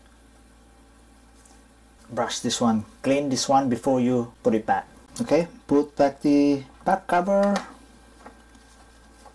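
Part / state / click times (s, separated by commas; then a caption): plastic bottom cover clips into laptop chassis / not seated / none. The plastic bottom cover of a Lenovo IdeaPad laptop is being handled to go back onto the chassis, where its retaining clips snap in. Someone talks from about 2.1 to 7.7 seconds over a quiet background. Nothing has seated or clicked yet.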